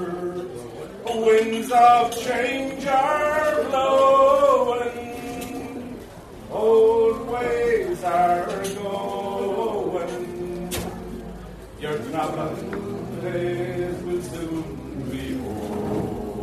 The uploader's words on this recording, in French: Kerry's bar a théme une chouette ambiance dans ce bar !